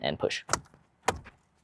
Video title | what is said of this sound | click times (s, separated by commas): An Audio Upgrade That is Better Than JBL!! - Toyota GR Corolla Amplifier Installation | Okay, make sure you guys hear it click in, okay? | 1.1 s